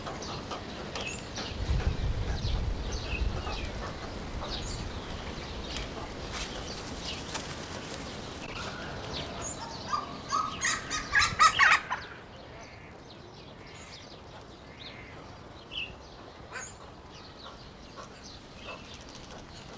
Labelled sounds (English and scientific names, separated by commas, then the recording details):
White-faced Heron (Egretta novaehollandiae)
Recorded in captivity
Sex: pair
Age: adult
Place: Tierpark Berlin, Berlin, DE
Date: 1992-04-04 11:25
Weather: bedeckt, 5-8°C
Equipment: Nagra SN, Mikrofon AKG CK 8, Kopie Tesla B 116
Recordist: Tembrock, Günter